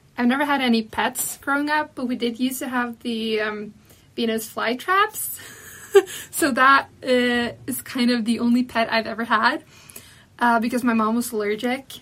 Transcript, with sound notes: I never had any pets growing up, but we did used to have the, um, Venus flytraps. [Subject laughs.] So that, eh, is kind of the only pet I’ve ever had, uh, because my mom was allergic.